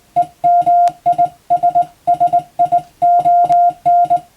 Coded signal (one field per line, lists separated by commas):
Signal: Morse code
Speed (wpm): 21 wpm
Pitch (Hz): 700 Hz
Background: music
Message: EMISSION